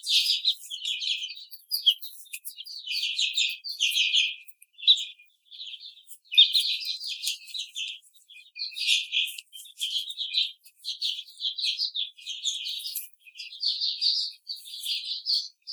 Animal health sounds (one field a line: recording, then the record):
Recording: young laying hens in a cage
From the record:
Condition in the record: treatment cage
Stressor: simulated dog barking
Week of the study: 5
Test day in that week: 1